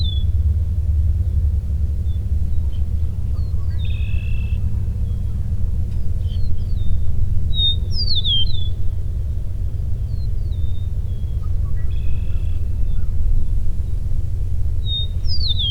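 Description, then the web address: Eastern meadowlark giving a few bright, falling slurred whistles at intervals, with short buzzy sounds between them and a strong steady low rumble throughout. "Eastern meadowlark. صدای-پرنده-چمن-چکاو-شرقی"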